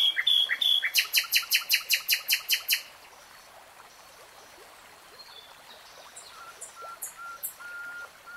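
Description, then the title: Nightingale song opening with a fast series of loud rattling pulses, then quiet, later a soft repeated whistled note and high chips. Nightingale singing, recorded in real time. "[Tiếng chim hót] 3 Hours REALTIME Nightingale Singing"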